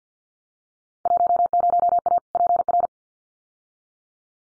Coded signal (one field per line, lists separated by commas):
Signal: Morse code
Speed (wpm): 50 wpm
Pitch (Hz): 700 Hz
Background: none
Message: 10A PR